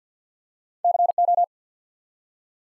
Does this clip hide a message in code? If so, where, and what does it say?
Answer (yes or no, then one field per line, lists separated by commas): yes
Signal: Morse code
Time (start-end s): 0.8-1.4 s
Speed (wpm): 48 wpm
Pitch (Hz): 700 Hz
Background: none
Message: CO